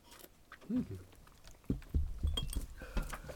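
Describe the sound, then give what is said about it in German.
Glasses clink together in a toast, several bright, ringing taps in quick succession after a short vocal sound, with faint background murmur and rustling. “Dann würde ich einmal anstoßen auf den heutigen Abend.”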